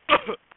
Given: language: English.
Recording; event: throat vibration sensor signal played as sound; cough